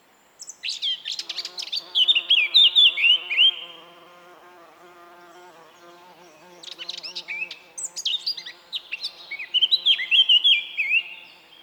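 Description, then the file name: Eurasian blackcap singing two bursts of hurried warbling that run into loud, clear fluted notes, separated by a steady low buzzing hum. "Sylvia atricapilla"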